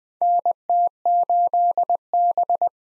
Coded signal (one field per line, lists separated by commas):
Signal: Morse code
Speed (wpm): 21 wpm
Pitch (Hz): 700 Hz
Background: none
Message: NT8B